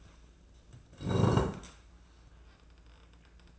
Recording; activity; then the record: daily activity, microphone in the room; sit down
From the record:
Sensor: 2